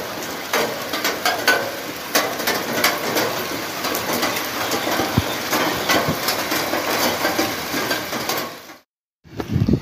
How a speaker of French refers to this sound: Ok, c'est 13h et comme on l'entend peut-être, je suis à côté d'une autoroute. En fait, je viens de la traverser, c'est une petite 2x2 voies là. Par chance, il n'y avait pas trop de trafic.